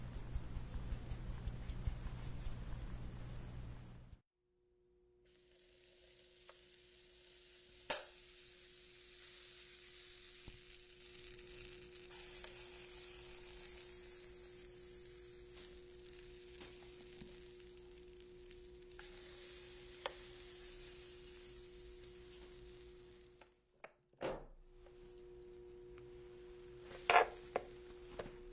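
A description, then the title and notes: Kitchen sounds while making matcha milk and baking. A low rumbling hum runs for four seconds, then stops, giving way to a steady soft sizzle-like hiss with a constant whine. Occasional taps fall near 8 and 20 seconds, and sharp clinks come near the end. Make matcha milk almond cookies hazelnut cake.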